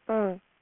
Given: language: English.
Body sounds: throat vibration sensor signal played as sound; speech

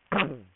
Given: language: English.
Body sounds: throat vibration sensor signal played as sound; throat clearing

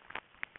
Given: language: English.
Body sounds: throat vibration sensor signal played as sound; swallow

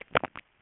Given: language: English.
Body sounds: throat vibration sensor signal played as sound; swallow

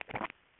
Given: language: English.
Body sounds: throat vibration sensor signal played as sound; swallow

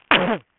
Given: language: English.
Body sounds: throat vibration sensor signal played as sound; cough

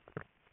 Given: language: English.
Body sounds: throat vibration sensor signal played as sound; swallow

